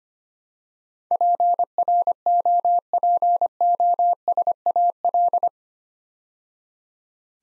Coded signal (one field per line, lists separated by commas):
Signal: Morse code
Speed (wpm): 25 wpm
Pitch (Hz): 700 Hz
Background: none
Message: PROPOSAL